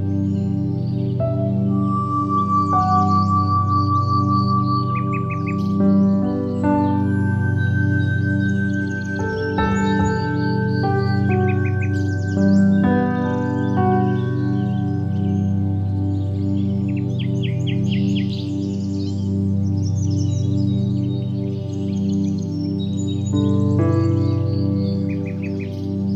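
Soft piano music with sustained notes and slowly changing chords holds a full, steady low tone throughout. Bird chirps and short trills sound in the upper range every few seconds, more clustered near the start and around 24 seconds.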